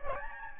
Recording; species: mosquito wingbeat signal from an infrared sensor; Aedes albopictus